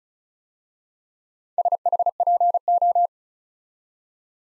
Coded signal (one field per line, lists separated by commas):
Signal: Morse code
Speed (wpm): 34 wpm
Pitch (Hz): 700 Hz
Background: none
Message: SHPO